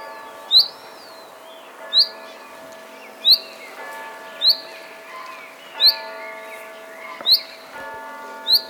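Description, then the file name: Common chaffinch repeating crisp, bright call notes over steady humming tones and a few softer bird sounds. "Fringilla coelebs"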